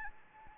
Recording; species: mosquito wingbeat signal from an infrared sensor; Anopheles gambiae